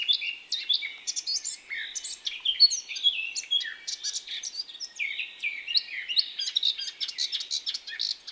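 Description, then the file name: Eurasian blackcap song, a fast, continuous warble of varied chirps and short whistled phrases, mostly high-pitched and unbroken throughout. "Sylvia atricapilla"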